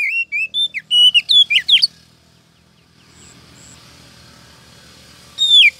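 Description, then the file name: Oriental magpie-robin gives a fast series of clear, bending whistled notes, falls silent for several seconds, then resumes with more sweeping whistles. Female calling to the male, intended to prompt him into full, frequent song. "Suara Kacer Betina Memanggil Sang Jantan Agar Cepat Gacor"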